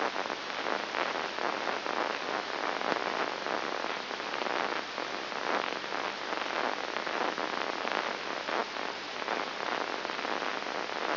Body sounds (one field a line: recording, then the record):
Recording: brain microelectrode recording played as sound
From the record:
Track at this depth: inside the subthalamic nucleus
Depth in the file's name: 2.104 mm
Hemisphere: left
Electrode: 3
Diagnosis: Parkinson's disease